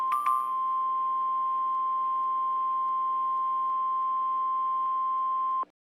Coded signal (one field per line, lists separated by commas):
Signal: Emergency Alert System (SAME) tones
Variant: 1050 Hz attention tone